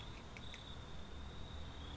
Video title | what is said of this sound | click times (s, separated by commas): Let there be light! Custom Making One Off Lights For Our Classic Bus | with with an audible click | 0.4 s, 0.5 s